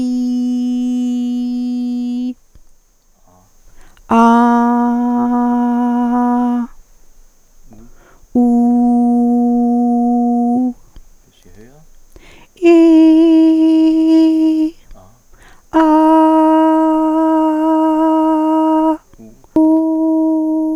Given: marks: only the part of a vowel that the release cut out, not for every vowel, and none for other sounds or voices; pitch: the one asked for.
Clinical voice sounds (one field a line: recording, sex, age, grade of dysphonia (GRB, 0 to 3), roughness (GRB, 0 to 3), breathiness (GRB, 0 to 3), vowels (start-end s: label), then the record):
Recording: sustained vowels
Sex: female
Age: 40 to 49 years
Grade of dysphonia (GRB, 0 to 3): 2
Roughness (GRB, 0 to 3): 0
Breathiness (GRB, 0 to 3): 0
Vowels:
0.00-2.08 s: vowel /i/, normal pitch
4.18-6.05 s: vowel /a/, normal pitch
8.53-10.48 s: vowel /u/, normal pitch
12.70-14.52 s: vowel /i/, high pitch
16.79-18.75 s: vowel /a/, high pitch
19.57-20.55 s: vowel /u/, high pitch
From the record:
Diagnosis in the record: hyperfunctional dysphonia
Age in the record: 49 years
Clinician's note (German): Ponogen mit eventuell phsychogen-phonasthenischer Komponente